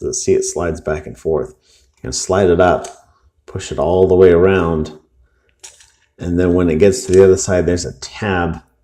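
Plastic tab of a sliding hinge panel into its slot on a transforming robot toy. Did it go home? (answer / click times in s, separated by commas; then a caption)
no / none. Someone talks while sliding a hinge panel back and forth on a plastic Transformers Masterpiece Barricade transforming robot toy, then pushing it up and all the way around toward the other side, where its plastic tab will snap into its slot. The panel is still being handled, and nothing has seated or clicked into place yet.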